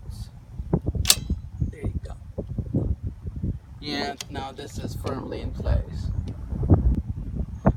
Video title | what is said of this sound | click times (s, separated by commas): Replace Wiper Blade Rubber Insert of Honda Accord 2013 - 2017 | and push this thing upward, and click in place. | 1.1 s